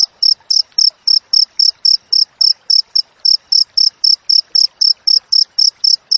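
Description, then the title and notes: Cricket calling with a continuous train of brief, shrill pulses at a steady pace. Wild cricket sound with clear, closely spaced chirps, used for training songbirds and to repel rats. "Masteran Jangkrik Alam Jernih, Jeda Rapat Cocok Untuk Masteran Burung Dan Mengusir Tikus. suara jangkrik"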